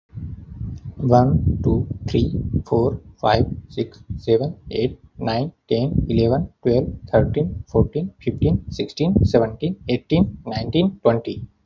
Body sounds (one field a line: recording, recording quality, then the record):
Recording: counting at a fast pace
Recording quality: excellent, no background noise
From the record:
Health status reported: healthy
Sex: male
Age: 32 years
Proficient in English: yes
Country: India